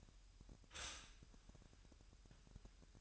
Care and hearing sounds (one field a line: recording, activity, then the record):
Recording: daily activity, microphone in the room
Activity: stop toaster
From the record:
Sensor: 2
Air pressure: 1001.9 hPa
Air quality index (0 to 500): 247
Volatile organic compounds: 38 ppm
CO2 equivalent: 3117 ppm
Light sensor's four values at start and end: 9/30/12/11 and 9/30/12/11